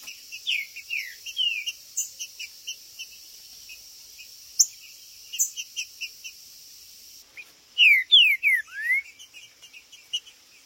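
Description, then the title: Green-winged saltator calling with soft repeated chips and short whistles, then a loud phrase of falling whistles ending in a rising note, over steady high hum. Birds chirping, singing and calling territorially ('macheando') in a contest ('disputa'); meant to rouse a kept saltator into singing. "Seu TRINCA Piando, Cantando E Macheando Na DISPUTA. TRINCA FERRO Cantando e MACHEANDO!!"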